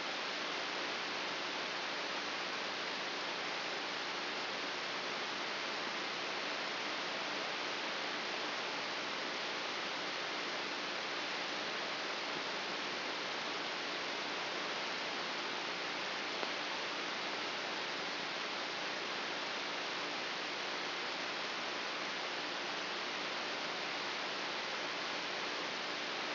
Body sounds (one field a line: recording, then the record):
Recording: brain microelectrode recording played as sound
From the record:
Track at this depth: inside the subthalamic nucleus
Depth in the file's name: 3.003 mm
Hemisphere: left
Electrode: 2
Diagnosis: Parkinson's disease